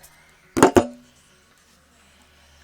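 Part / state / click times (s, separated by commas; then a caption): variator clutch assembly onto moped engine crankshaft / seated / 0.6 s. After being lined up, the variator clutch assembly of a 103 SP/MVL moped is pushed back onto the engine crankshaft, producing a quick cluster of sharp metallic hits between about 0.6 and 0.8 s. The loudest, at 0.6 s, is the click of the clutch engaging, showing it has gone fully in and seated.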